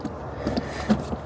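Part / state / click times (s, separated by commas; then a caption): plastic retaining clip of center waterfall console panel into vehicle body / not seated / none. A plastic retaining clip on the center waterfall console panel of a Pontiac Solstice is pressed toward the vehicle body during a cup holder replacement. Faint handling noises are heard, with the sharpest tap at about 0.6 s. Nothing has seated or clicked yet.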